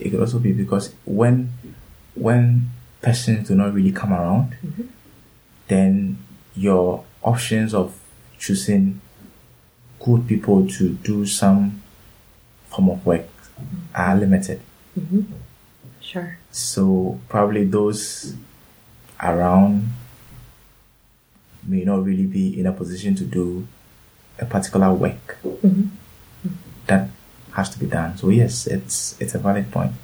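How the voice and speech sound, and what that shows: Stuttered (stammered) speech of an adult man from Ghana, with part-word and word repetitions, a prolonged 'sh', and frequent long pauses.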